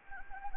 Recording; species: mosquito wingbeat signal from an infrared sensor; Anopheles gambiae